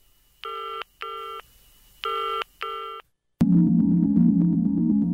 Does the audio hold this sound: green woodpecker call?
no